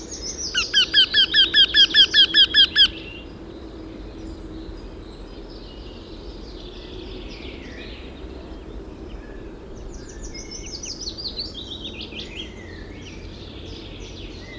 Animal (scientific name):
Jynx torquilla